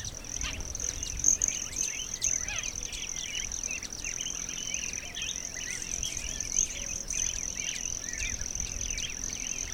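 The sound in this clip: Broad-tailed hummingbird, a continuous thin high trill with occasional chips, amid much varied twittering lower in pitch.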